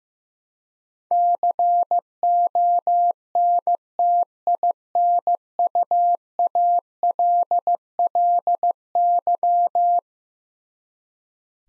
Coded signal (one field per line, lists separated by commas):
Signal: Morse code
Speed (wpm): 15 wpm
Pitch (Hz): 700 Hz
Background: none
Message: CONTINUALLY